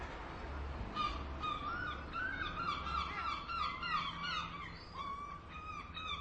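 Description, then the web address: Gulls give loud, yelping cries in a dense, overlapping chorus throughout, rising and falling in intensity, with a low rumble beneath. "raw seagulls"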